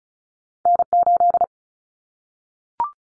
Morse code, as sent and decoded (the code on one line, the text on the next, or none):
-. ---..
N8